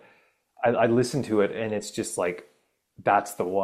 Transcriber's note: none